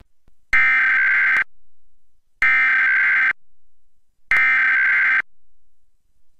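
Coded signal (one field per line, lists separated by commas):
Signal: Emergency Alert System (SAME) tones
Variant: header bursts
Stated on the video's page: National EAS Test (nationwide periodic test).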